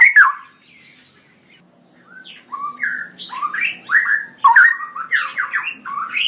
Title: Cucak ROWO Jantan GACOR Suara Lantang ROoo EL Panjang